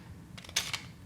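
The magazine release button on a 1911 or 2011 pistol is pressed, and the magazine shoots out of the grip. A few faint clicks lead to a sharp metallic snap at 0.6 s, followed by a brief rattle and a second smaller knock. The release is confirmed working.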